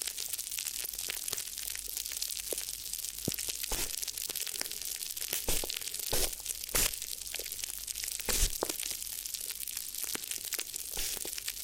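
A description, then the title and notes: Crinkly crackling and rustling runs steadily through the whole stretch, bright and hissy with dense, irregular snaps layered over a constant crinkle. Sharper, louder crunches stand out now and then, notably around the middle and near the eight-second mark. ASMR Addictive Crinkly Ear Massage (No Talking).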